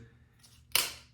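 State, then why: Seated. A plastic stand or frame part of a Poetic Revolution case for an N200 5G phone is flexed and snaps back into position. After a quiet lead-in with faint rustling, a single sharp click is heard at 0.8 s, then fades. The part seats back into place on the case.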